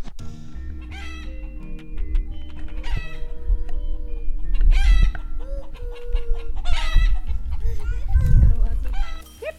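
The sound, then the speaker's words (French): Hens cluck repeatedly in short, bright bursts over a low rumbling background, with a few louder squawks and other animal calls mixed in, at a family homestead in France that raises ewes and keeps hens, sheep and yurts. “Voilà, donc des poules, des moutons, des yourtes.”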